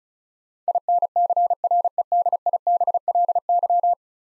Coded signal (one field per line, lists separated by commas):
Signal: Morse code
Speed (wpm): 36 wpm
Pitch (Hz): 700 Hz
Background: none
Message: INCREDIBLY